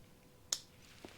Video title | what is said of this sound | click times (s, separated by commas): How to Fix Coilpack Electrical Connectors On Audi Tt Mk1 & Vw Vag Cars Made Easy! | you can simply slide the purple clip into the side, push it until it clicks, | 0.5 s